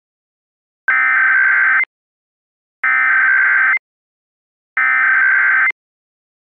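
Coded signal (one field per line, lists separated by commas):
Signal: Emergency Alert System (SAME) tones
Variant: header bursts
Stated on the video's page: Mock reenactment of the National Periodic Test using valid EAS tones, rendered on Trilithic EASyCAP, Digital Alert Systems DASDEC II and Sage Digital Endec.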